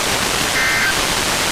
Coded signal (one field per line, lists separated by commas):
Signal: Emergency Alert System (SAME) tones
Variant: end-of-message bursts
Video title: NWR Weekly Tests (11/23/22)(EAS 1292-1297)